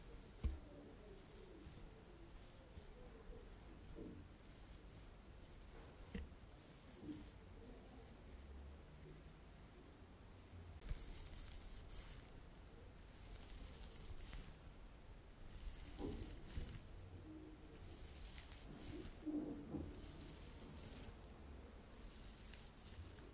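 Soft scratching and tapping on glass, a sponge and a purse, with brushy hiss bursts recurring every few seconds and low rustles between.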